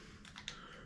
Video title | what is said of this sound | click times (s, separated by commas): Midland LXT 500 Two Way Radio's/ Walkie Talkie. | slide that in place and it will lock you'll hear it click into place and | 0.5 s